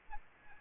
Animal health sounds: mosquito wingbeat signal from an infrared sensor; Aedes albopictus

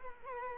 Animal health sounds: mosquito wingbeat signal from an infrared sensor; Culex quinquefasciatus

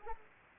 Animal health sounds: mosquito wingbeat signal from an infrared sensor; Anopheles arabiensis

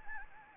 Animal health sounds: mosquito wingbeat signal from an infrared sensor; Anopheles arabiensis

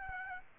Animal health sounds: mosquito wingbeat signal from an infrared sensor; Aedes aegypti

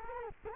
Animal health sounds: mosquito wingbeat signal from an infrared sensor; Culex quinquefasciatus

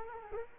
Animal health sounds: mosquito wingbeat signal from an infrared sensor; Culex quinquefasciatus

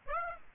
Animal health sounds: mosquito wingbeat signal from an infrared sensor; Aedes aegypti

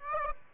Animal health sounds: mosquito wingbeat signal from an infrared sensor; Aedes aegypti

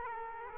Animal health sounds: mosquito wingbeat signal from an infrared sensor; Aedes aegypti

